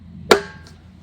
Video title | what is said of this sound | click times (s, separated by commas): I Hate DEER Meat So I Bought A Moultrie Standard Deer Feeder 🦌 | pops right into place | 0.3 s